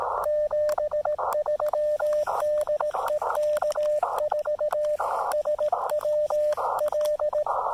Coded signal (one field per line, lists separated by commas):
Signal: Morse code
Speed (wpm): 17 wpm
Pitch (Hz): 590 Hz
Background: radio noise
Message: 73 DE K4SWL